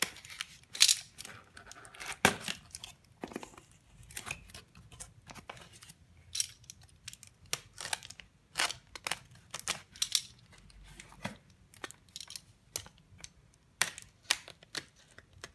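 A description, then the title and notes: A package is opened with a box cutter, making a steady run of sharp scrapes and slices. Crisp cuts and tearing snaps come every half second or so, with louder ones near two and nine seconds, over faint crinkling. Open the Package with a Box Cutter.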